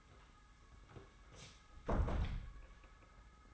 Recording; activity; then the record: daily activity, microphone in the room; close door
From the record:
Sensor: 3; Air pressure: 991.6 hPa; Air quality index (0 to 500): 139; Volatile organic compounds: 288 ppm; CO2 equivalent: 4455 ppm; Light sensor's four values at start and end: 41/117/47/41 and 41/117/47/41